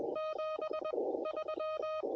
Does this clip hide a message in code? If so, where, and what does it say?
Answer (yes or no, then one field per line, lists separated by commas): yes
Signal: Morse code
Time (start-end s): 0.2-2.0 s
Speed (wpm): 21 wpm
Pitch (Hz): 1250 Hz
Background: none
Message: 73